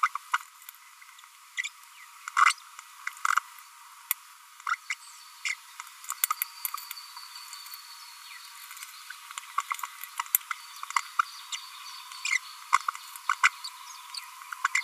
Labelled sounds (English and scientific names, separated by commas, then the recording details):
Green-rumped Parrotlet (Forpus passerinus) babbling
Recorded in a nest box in Venezuela
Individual 18B25A3